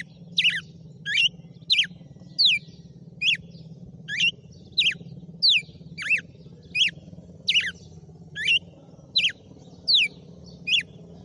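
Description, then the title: Red-cowled cardinal song: a long series of clear, sharply falling whistled notes, evenly spaced roughly every two-thirds of a second, above a faint low background hum. Female red-cowled cardinal named Fenrir. "Canto Galo Campina Fêmea 06. GALO DE CAMPINA FENRIR - HJ FOI AÇOITE VIU??"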